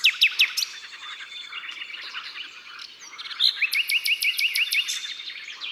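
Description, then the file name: Common nightingale song: a few sharp notes, a pause, then an even run of about eight rising, whistled notes. Drôme, France. "Rossignol philomele Concerts Naturels de la Drome Studio les Trois Becs"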